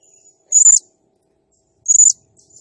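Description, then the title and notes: Blue-crowned hanging parrot giving two loud, shrill, buzzy squeals a little over a second apart. Calling vigorously (gacor, 'nembak'); used as a masteran training sound and lure, said to provoke all other birds. "Burung Serindit Nembak Gacor Bikin Emosi Semua Burung. Suara Nasteran Dan Pemikat Burung Serinditan Gacor"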